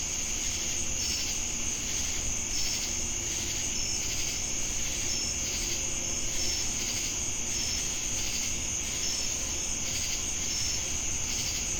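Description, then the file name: Crickets keep up a continuous high shimmering trill, with brief faint high notes recurring at regular intervals and low steady background noise. Recorded in Jamestown, North Carolina, on August 10, 2018. "Crickets And Sacadas Jamestown NC August-10-2018"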